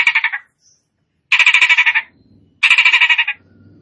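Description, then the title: Asian pied starling giving harsh, rapidly pulsed rasping bursts, three in all, each under a second, separated by short pauses, with a faint low hum between them. Starts singing in less than a minute. "Belum Satu Menit Jalak Suren Langsung Bunyi"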